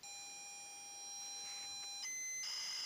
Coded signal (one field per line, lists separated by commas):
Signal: ZX Spectrum tape loading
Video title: ZX Spectrum ULA